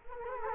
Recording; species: mosquito wingbeat signal from an infrared sensor; Culex quinquefasciatus